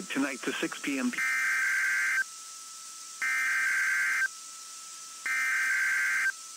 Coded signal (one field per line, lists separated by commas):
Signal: Emergency Alert System (SAME) tones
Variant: header bursts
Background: speech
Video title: Glory of The Tests (EAS #10851-10890) 5/3/23